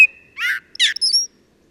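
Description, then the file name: Common blackbird short phrase: a thin high whistle followed by rough, scratchy twittering notes, ending in a very high squeak. "Turdus merula"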